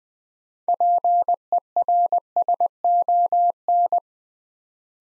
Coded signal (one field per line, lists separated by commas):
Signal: Morse code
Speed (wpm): 20 wpm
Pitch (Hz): 700 Hz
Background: none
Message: PERSON